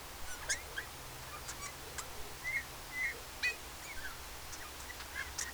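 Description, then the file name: Eurasian bullfinch calls: brief soft whistled notes, a few spaced about half a second apart, with sharp clicks and faint chirps around them. "Pyrrhula pyrrhula"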